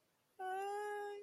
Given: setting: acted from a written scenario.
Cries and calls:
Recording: vocal sound without words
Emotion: distress

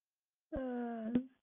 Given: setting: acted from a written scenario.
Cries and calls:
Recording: vocal sound without words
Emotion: embarrassment

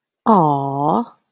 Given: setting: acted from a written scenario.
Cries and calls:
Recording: vocal sound without words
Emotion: adoration

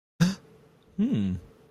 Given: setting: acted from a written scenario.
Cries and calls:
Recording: vocal sound without words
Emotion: romantic love

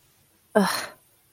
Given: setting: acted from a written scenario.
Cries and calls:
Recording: vocal sound without words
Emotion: contempt

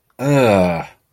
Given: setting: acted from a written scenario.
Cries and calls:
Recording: vocal sound without words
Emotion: disgust

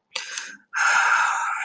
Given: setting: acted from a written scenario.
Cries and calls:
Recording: vocal sound without words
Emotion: embarrassment

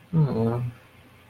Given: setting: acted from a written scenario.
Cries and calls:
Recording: vocal sound without words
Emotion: sympathy

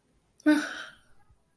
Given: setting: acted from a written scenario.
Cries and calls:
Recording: vocal sound without words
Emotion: contempt

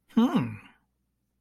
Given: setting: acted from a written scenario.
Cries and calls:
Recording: vocal sound without words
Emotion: realization

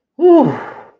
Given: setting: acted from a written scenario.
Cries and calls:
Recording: vocal sound without words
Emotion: relief

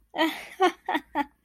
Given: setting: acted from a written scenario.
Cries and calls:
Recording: vocal sound without words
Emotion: elation

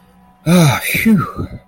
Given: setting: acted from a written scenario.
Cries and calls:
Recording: vocal sound without words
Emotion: relief

